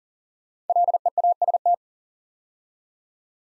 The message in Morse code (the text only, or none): LEAST